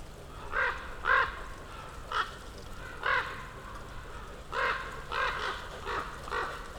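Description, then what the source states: Common ravens calling, about nine loud hoarse croaks in uneven rhythm, some paired. Several ravens circling for over ten minutes above a mountain slope, heard from among young beeches, Patnik, Goworów, Poland, New Year's walk; Zoom F4, AT BP4025.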